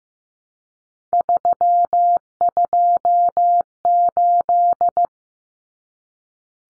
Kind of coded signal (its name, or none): Morse code